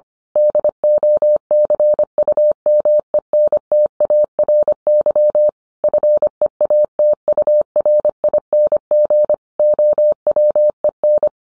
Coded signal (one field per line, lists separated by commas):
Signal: Morse code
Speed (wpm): 25 wpm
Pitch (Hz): 600 Hz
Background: none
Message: DOCUMENTARY FEATURING OWEN